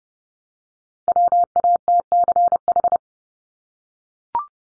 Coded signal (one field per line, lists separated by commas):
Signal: Morse code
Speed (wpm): 30 wpm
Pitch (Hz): 700 Hz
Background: none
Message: WATCH